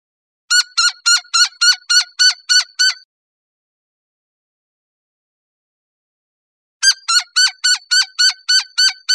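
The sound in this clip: Gila woodpecker giving rapid series of harsh, nasal notes, about three to four per second, in two bouts separated by several seconds of silence.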